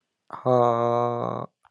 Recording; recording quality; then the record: sustained vowel as in made; moderate, slight background noise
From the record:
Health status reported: healthy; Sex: male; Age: 42 years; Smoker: no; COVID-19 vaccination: one dose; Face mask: not worn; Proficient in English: yes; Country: India